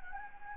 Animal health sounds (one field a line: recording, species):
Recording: mosquito wingbeat signal from an infrared sensor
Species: Anopheles gambiae